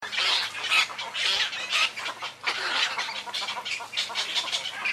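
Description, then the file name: Cattle egrets calling in repeated bursts of coarse, throaty squawks, over a background clamour of other egrets. "黃頭鷺"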